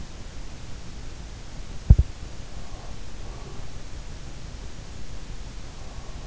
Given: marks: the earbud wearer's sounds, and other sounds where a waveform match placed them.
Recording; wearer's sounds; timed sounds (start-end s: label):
sounds in sleep by an in-ear microphone; breath
1.84-3.44 s: breath